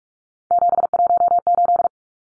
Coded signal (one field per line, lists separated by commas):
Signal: Morse code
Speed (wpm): 44 wpm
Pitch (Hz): 700 Hz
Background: none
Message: 718